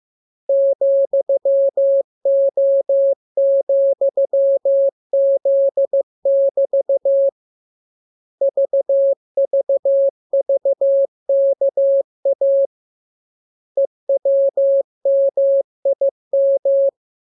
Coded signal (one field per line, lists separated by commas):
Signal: Morse code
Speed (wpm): 15 wpm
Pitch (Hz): 550 Hz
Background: none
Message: ,O,Z<BT> VVVKA EWMIM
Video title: Learning Morse Code. Lesson 21. Letter KMURESNAPTLWI.JZ=FOY,V